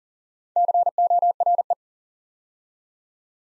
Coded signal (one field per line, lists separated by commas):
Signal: Morse code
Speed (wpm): 39 wpm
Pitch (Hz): 700 Hz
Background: none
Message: CORE